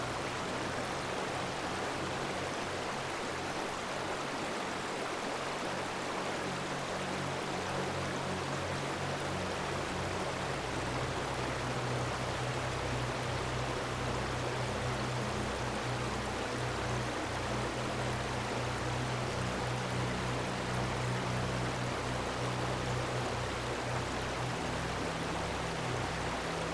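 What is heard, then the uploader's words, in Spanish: A river murmurs in a steady, dense rush throughout, with soft low sustained music tones underneath that shift around nine and fifteen seconds. Sonidos del RÍO y MÚSICA Relajante. Suave murmullo de un río sereno y la melodía relajante que emana de la naturaleza circundante.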